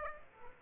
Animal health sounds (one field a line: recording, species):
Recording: mosquito wingbeat signal from an infrared sensor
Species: Aedes aegypti